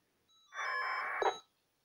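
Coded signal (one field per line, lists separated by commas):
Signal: packet radio (AX.25, as in APRS)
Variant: 1200 baud AFSK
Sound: short harsh buzzy data burst about one second long, preceded by a faint tone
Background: radio squelch click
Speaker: yep I just got dissipated so like I say oh is that easy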